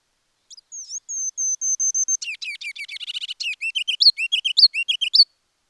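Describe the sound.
Ruby-crowned kinglet song: thin, high notes open the phrase, then a rapid stuttering run, then loud rising three-note phrases repeated to the end.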